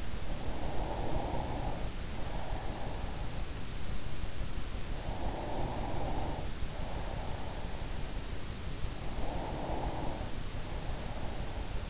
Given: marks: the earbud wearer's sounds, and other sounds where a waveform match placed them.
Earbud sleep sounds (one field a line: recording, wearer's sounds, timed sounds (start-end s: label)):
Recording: sounds in sleep by an in-ear microphone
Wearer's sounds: breath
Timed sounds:
0.00-3.69 s: breath
4.97-8.13 s: breath
8.92-11.90 s: breath